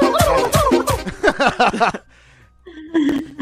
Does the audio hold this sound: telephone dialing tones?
no